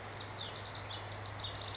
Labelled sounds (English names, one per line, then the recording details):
House Wren
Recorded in Sonoma County, California